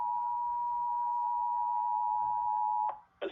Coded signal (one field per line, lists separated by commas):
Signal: Emergency Alert System (SAME) tones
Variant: 853 and 960 Hz attention tone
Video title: Xfinity EAS/Amber Alert (5/8/2022, Jacksonville, FL)